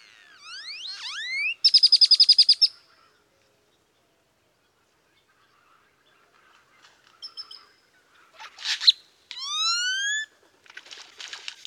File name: grackle great-tailed